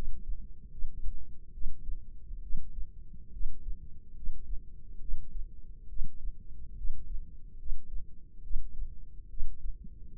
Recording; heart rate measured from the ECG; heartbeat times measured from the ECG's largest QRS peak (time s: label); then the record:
heart sounds by microphone in the left ear; 70 bpm
0.69 s: heartbeat
1.52 s: heartbeat
2.41 s: heartbeat
3.31 s: heartbeat
4.14 s: heartbeat
5.00 s: heartbeat
5.87 s: heartbeat
6.75 s: heartbeat
7.57 s: heartbeat
8.42 s: heartbeat
9.28 s: heartbeat
10.16 s: heartbeat
From the record:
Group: healthy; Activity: rest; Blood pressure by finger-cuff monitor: 132/72 mmHg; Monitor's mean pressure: 90 mmHg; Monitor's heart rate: 71 bpm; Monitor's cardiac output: 6.9 L/min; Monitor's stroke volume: 97 mL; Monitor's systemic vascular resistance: 980 dyn s/cm5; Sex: female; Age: 22 years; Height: 154 cm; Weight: 58.7 kg